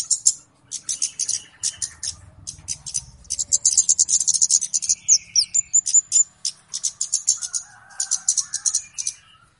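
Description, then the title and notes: Flowerpecker calls: dense series of high, dry ticking notes delivered in fast irregular bursts, with a short sharp trill near the middle. Lure call used for bird catching (pikat, pancing). "Kicau Pancing Burung Kemade ( Cabe Cabean). Suara Burung Cabe Cabean Pikat"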